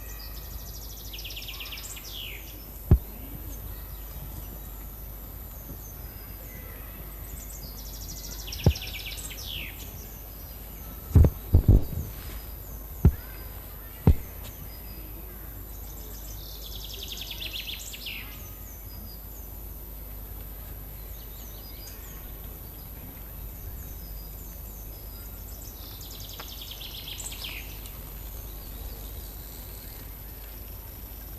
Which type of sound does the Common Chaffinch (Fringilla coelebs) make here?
song